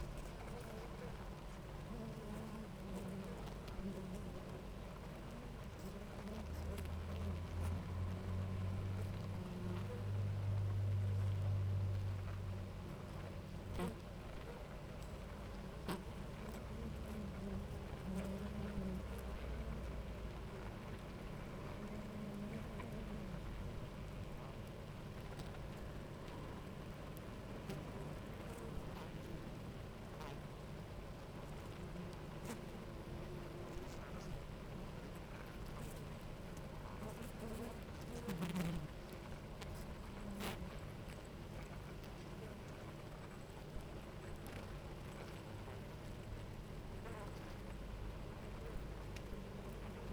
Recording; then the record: honeybee colony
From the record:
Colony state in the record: active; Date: 28 July 2017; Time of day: 10:08